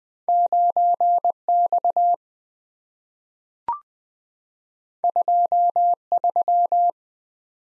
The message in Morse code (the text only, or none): 9X 23